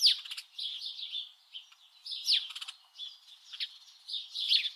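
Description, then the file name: House Sparrow chattering and chirping, a blurred mix of buzzy twitters and a few sharp downward chirps, fairly soft and continuous, with clicking bursts. "Passer domesticus"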